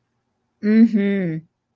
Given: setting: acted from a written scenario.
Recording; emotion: vocal sound without words; romantic love